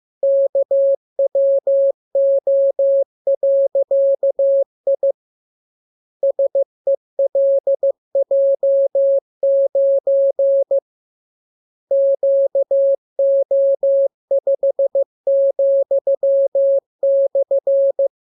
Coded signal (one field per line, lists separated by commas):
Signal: Morse code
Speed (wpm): 15 wpm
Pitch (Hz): 550 Hz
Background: none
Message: KWO.I SELJ9 QO5,/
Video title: Learning Morse Code. Lesson 27. Letter KMURESNAPTLWI.JZ=FOY,VG5/Q92